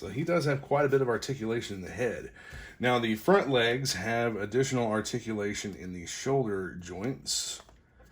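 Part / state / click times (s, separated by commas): plastic back leg into figure hip socket / not seated / none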